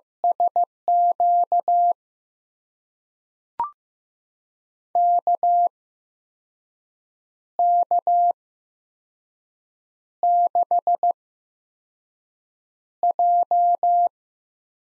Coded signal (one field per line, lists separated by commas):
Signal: Morse code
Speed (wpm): 15 wpm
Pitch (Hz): 700 Hz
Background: none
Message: SQ KK6J